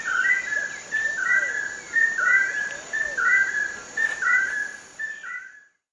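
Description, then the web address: Chestnut-headed crake song: paired, slightly staggered whistled notes repeated about once a second, with a steady high background tone. Recorded in Ecuador. "Birds of Ecuador. Chestnut headed Crake"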